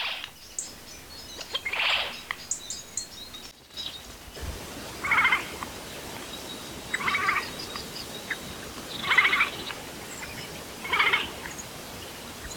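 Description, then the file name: Eurasian jay uttering repeated hoarse, rasping screeches about every two seconds, with a constant hiss behind. "Garrulus glandarius"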